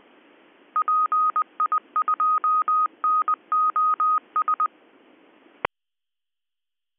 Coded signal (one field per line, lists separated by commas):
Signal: Morse code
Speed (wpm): 20 wpm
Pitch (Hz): 1250 Hz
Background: none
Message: PI2NOS